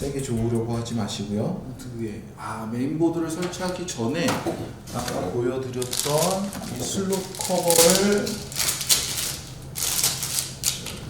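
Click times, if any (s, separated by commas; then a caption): 10.4 s, 10.7 s. A memory module, most likely a RAM stick, is pressed firmly into its motherboard slot while someone talks. Two short, sharp clicks follow at 10.4 s and 10.7 s, and the module is seated.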